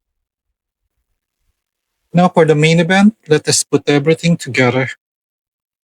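A plastic figure part is being handled toward its joint on the body of a plastic Spider-Man model kit during final assembly. After about two seconds of silence, someone talks until near the end. The part has not seated and nothing has clicked yet.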